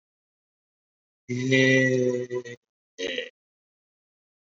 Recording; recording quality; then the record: sustained vowel as in made; excellent, no background noise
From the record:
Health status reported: COVID-19 positive, moderate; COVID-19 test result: positive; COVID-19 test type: RT-PCR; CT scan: not taken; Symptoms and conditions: cough, cold, breathing difficulty, fever, fatigue, chronic lung disease, hypertension, diabetes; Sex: male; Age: 65 years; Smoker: no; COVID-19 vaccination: both doses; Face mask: worn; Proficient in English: no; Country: India